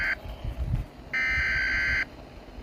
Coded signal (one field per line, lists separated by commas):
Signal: Emergency Alert System (SAME) tones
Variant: header bursts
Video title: Bro's definitely getting fired after this one ☠️😭 #eas #easfail